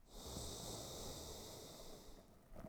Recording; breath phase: one breath near a microphone; exhalation